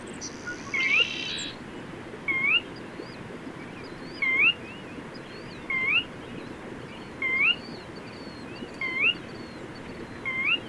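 Bird calls as a series of seven quick upward-sliding whistles, evenly spaced, with a short hissing burst at the start and soft high chirps behind.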